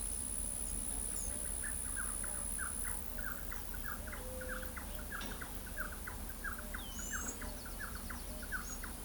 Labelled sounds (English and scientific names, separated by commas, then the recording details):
Pale-vented Pigeon (Patagioenas cayennensis), Bicolored Wren (Campylorhynchus griseus), White-tipped Dove (Leptotila verreauxi), Palm Tanager (Thraupis palmarum)
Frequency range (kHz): Pale-vented Pigeon (Patagioenas cayennensis) 0.5-0.7 kHz; Bicolored Wren (Campylorhynchus griseus) 0.9-2.2 kHz; White-tipped Dove (Leptotila verreauxi) 0.4-0.6 kHz; Palm Tanager (Thraupis palmarum) 5.5-8.3 kHz
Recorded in pastures near Pivijay, Magdalena, Colombia, on 5 June 2023 at 14:30
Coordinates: 10.456, -74.369
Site P6-G026